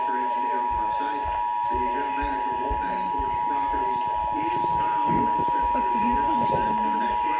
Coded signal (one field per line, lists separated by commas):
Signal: Emergency Alert System (SAME) tones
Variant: 853 and 960 Hz attention tone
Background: speech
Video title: Severe Thunderstorm Warning EAS #50